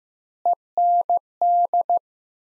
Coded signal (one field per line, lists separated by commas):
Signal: Morse code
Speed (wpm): 15 wpm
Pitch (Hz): 700 Hz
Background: none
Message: END